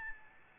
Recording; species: mosquito wingbeat signal from an infrared sensor; Aedes albopictus